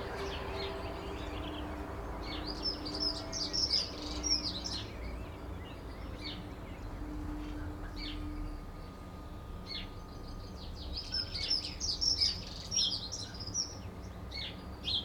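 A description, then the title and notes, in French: Small birds chirp and twitter in lively high bursts around the edges of a port town, busiest early on and again near the end, with a quieter gap in the middle. A steady low rumble and faint humming tones run underneath throughout. Impression sonore de la ville portuaire de Cherbourg et de ses environs (Quettehou, St Vaast La Hougue). Prises de son : Nicolas Dubois © Sound Fishing.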